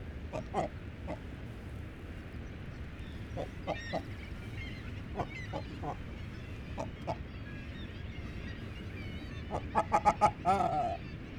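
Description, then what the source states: Great cormorant giving short, harsh guttural croaks at irregular intervals, ending in a quick burst of rapid grunting notes, over steady low background rumble. Atlantic subspecies; presumed female; territory call.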